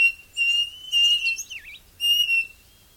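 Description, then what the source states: Striped cuckoo giving clear, even whistled notes, repeated about once a second, with a twisting, warbled note in between. Recorded in South America.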